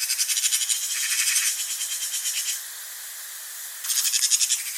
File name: pega pica pica